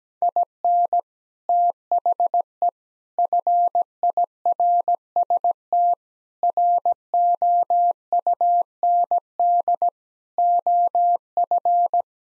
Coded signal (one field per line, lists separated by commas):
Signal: Morse code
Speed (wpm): 17 wpm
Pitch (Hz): 700 Hz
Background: none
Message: IN THE FIRST ROUND OF